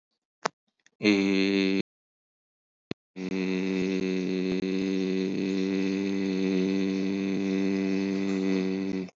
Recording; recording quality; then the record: sustained vowel as in made; excellent, no background noise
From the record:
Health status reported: healthy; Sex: male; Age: 40 years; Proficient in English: yes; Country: India